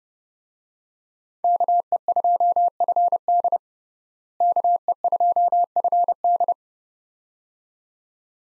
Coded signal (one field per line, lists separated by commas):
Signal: Morse code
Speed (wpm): 31 wpm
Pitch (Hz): 700 Hz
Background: none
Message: KE2FD KE2FD